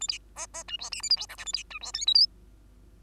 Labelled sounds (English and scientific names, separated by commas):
Bengalese Finch (Lonchura striata domestica) song